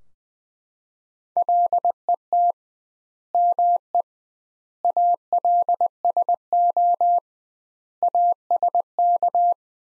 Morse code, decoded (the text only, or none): LET ME ALSO ASK